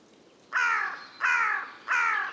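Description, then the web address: Bird calling with three loud, hoarse, grating notes, evenly spaced roughly two-thirds of a second apart, against faint steady background noise. "cianscape. Deverinetal. Bird Only"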